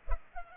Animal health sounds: mosquito wingbeat signal from an infrared sensor; Culex pipiens

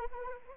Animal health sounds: mosquito wingbeat signal from an infrared sensor; Anopheles arabiensis

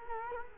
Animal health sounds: mosquito wingbeat signal from an infrared sensor; Culex quinquefasciatus

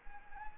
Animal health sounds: mosquito wingbeat signal from an infrared sensor; Anopheles arabiensis

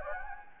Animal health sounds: mosquito wingbeat signal from an infrared sensor; Anopheles gambiae

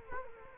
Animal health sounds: mosquito wingbeat signal from an infrared sensor; Culex quinquefasciatus

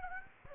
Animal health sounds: mosquito wingbeat signal from an infrared sensor; Aedes aegypti

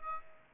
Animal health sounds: mosquito wingbeat signal from an infrared sensor; Aedes aegypti

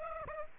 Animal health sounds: mosquito wingbeat signal from an infrared sensor; Aedes aegypti

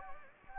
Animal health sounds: mosquito wingbeat signal from an infrared sensor; Anopheles gambiae

